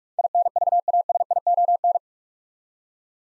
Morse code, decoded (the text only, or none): INVASION